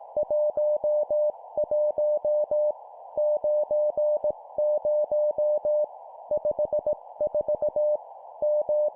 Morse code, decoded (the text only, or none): 11 90 54 M